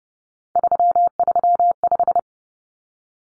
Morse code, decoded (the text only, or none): 335